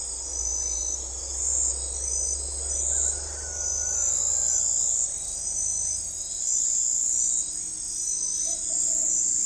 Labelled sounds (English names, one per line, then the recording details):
none
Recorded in forest near Pivijay, Magdalena, Colombia, on 3 June 2023 at 04:30
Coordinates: 10.467, -74.380
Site Z5-G034